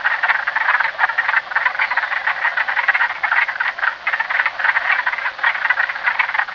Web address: alan wolf rana sylvatica chorus